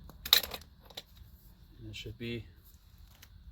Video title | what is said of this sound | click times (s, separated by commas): Mini Earthship Build part 11: 1700 Gallon Underground Water Cistern install | crimp all the way down until it snaps | 0.3 s